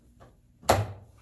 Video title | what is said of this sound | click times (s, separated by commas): STOP Banging Your Head on Your RV Storage Compartment Door By Installing a Longer RV Gas Shock Strut | snaps in place all right got that done now we got to get this | 0.7 s